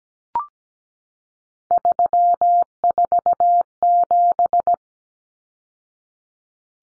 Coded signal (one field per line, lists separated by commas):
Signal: Morse code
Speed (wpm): 17 wpm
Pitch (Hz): 700 Hz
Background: none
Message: 347